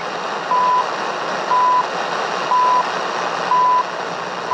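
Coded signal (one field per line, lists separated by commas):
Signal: radio time signal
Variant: CHU Canada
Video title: CHU Canada time signal received at 7850 MHZ Sony TR-837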